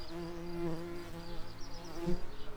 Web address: Pratorum queens